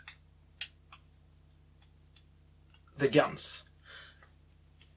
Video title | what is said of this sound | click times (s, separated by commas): Terrain4Print - Big guns | guns snap in place they can rotate and they can swivel so | 0.6 s